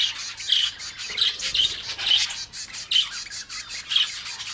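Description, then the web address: Bird squawking: several short, harsh, high-pitched squawks repeated at uneven intervals. Exotic birds. "best service Blue Box birds birds exotic"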